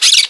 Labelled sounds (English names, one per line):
Brown-throated Parakeet contact call